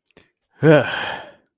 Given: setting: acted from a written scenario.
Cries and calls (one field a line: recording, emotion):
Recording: vocal sound without words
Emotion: disappointment